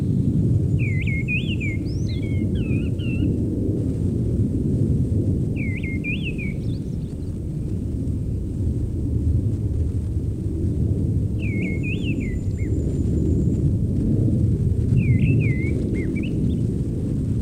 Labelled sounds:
Mistle Thrush (Turdus viscivorus) song
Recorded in the wild
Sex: male
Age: adult
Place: Freiburg, Baden-Württemberg, DE
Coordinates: 48.0333, 7.82472
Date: 1960-03-24
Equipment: Maihak MMK 4, Sennheiser MD 82
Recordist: Thielcke, Gerhard

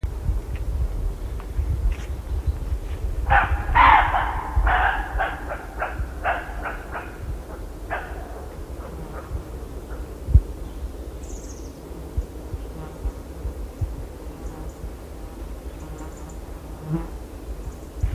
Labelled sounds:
Western Roe Deer (Capreolus capreolus) barking
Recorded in the wild
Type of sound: barking
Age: adult
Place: Neschwitz, Oberlausitz, Sachsen, DE
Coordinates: 51.2803, 14.2747
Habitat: pond
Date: 1989-08-09
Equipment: Riporter 6 RG-K, Sennheiser MKH 416 T, Kopie Uher Report Stereo IC
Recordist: Frommolt, Karl-Heinz
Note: Caßlauer Teiche: Schrecken eines Rehs

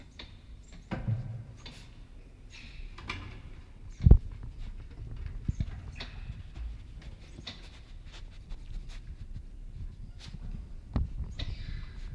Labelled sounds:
White-nosed Coati (Nasua narica) call
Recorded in captivity
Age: adult
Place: Zoo Leipzig, Sachsen, DE
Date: 1965-03-25 20:00
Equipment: Magnetophon 300, Transistorverstärker, Sennheiser MD 421
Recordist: Tembrock, Günter
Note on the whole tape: Kurzlaute beim Umherlaufen

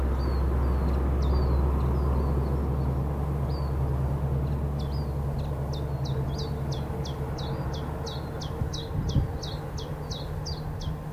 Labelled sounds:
Common Chiffchaff (Phylloscopus collybita) song
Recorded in the wild
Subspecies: abietinus
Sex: male
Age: adult
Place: Bergeforsen, Medelpad, Västernorrlands län, SE
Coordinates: 62.55, 17.2833
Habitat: spruce
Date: 1971-07-13
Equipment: Nagra SN, AKG CK 5, 9 cm/s, Kopie Nagra III PH
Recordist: Schneider, Hans-Joachim
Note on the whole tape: Zwischen Bergeforsen und Indal, Medelpad/Nordschweden. Phylloscopus collybita abietinus. Gewöhnliche Gesänge zweier Männchen. (Recht gute Aufnahme). Kopie von SN5/3. und 4. Aufnahme überspielt am 20.07.1971. Sonagramm

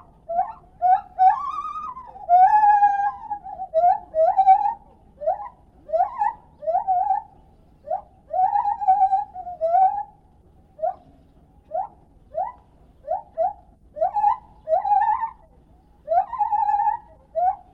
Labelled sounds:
Lar Gibbon (Hylobates lar)
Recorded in captivity
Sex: male
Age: adult
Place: Tierpark Berlin, Berlin, DE
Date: 1968-12-22 12:30
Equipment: Uher 4000 Report, Sennheiser MD 421
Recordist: Tembrock, Günter

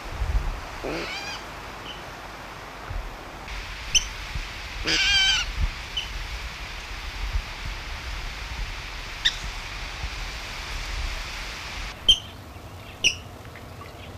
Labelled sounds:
Water Rail (Rallus aquaticus) call
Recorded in the wild
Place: Neusiedlersee, AT
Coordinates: 47.7986, 16.7272
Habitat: wetland
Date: 1963-08-07
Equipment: Uher Report 4000, AKG D190
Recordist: Krey, Winfried

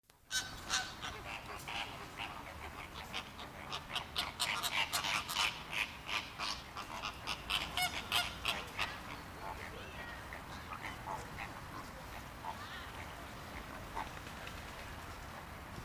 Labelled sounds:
Greater Flamingo (Phoenicopterus roseus) aggressive call
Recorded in captivity
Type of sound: aggressive call
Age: adult
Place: Tiergarten Wilhelma/Stuttgart, Baden-Württemberg, DE
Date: 2002-10-05 13:30
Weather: heiter, 15°C
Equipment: Nagra SN, Kopie Uher 4000 Report Monitor
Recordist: Tembrock, Günter
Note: Rosa-Flamingo (P.r.roseus): diverse Laute (agonistisch)

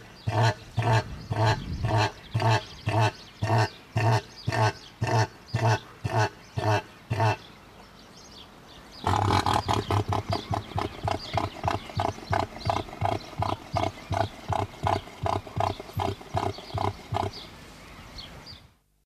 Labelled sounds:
Northern Cassowary (Casuarius unappendiculatus) call
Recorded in captivity
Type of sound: call
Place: Vogelpark Walsrode, Niedersachsen, DE
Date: 1986-05-26
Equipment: Halbspur, 9,5 cm/s
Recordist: Lütgens, Hans
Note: Erst Gold-, dann Rothalskasuar, beide sehen einander

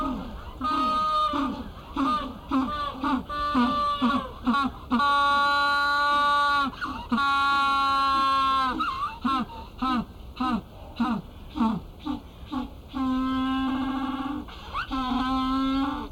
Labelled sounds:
African Penguin (Spheniscus demersus) call
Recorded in captivity
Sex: group
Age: diverse
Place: Zoo Berlin, Berlin, DE
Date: 1996-01-06 14:28
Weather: bedeckt, -4°C
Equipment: Sony WM-D6C, Sennheiser ME 80, Kopie Uher 4000 Report Monitor
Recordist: Tembrock, Günter

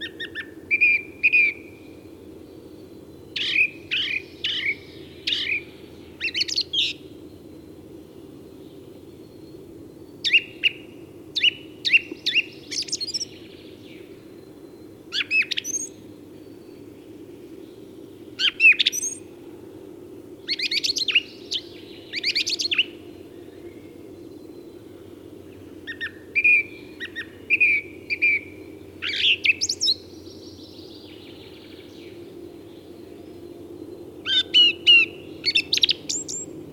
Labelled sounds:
Song Thrush (Turdus philomelos) song
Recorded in the wild
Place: Blumenholz, Insel Rügen, Mecklenburg-Vorpommern, DE
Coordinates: 53.455, 13.186
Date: 1980-04-01
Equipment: Nagra III BH, Sennheiser MD 21, parabola
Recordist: Schubert, Michael
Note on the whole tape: Gesang Singdrossel

